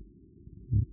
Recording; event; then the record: neck accelerometer signal played as sound; no cough (speech, laughter, throat clearing or background)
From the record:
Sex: male